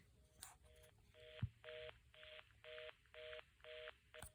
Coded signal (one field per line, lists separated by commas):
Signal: telephone call progress tone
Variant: North America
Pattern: reorder tone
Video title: Lot of Cordless Phones From My Neighbors, Pt. 3: Checkouts